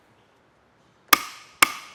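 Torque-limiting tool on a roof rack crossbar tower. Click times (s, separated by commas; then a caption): 1.1 s, 1.6 s. A plastic torque-limiting Thule tool tightens a crossbar tower fastener on a Thule Extended Roof Crossbar Kit on a 2020 Subaru Outback. Two sharp clicks sound at 1.1 s and 1.6 s, each with a short ringing tail, over near silence. The tool reaches its torque setting and clicks.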